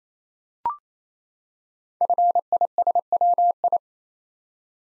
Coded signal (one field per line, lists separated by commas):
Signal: Morse code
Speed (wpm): 28 wpm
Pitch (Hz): 700 Hz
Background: none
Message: FISWI